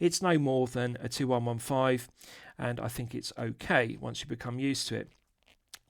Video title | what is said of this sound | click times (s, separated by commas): Citizen Promaster Eco-Drive Diver BN0261-51E 4K Watch Review | Pushing it back in, it's got a nice positive click | 5.7 s